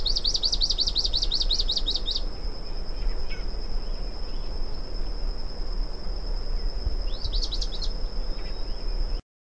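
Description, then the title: Bran-colored flycatcher giving a rapid run of squeaky, up-slurred notes for two seconds, then a short burst near the end, over a steady high insect whine. "LuckyPassaro Completos2Sama. Bran-colored Flycatcher (Myiophobus fasciatus)"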